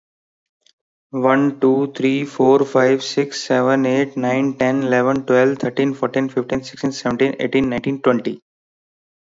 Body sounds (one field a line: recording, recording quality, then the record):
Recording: counting at a fast pace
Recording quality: excellent, no background noise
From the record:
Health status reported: healthy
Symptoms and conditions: none ticked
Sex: male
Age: 24 years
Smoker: not ticked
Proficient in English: yes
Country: India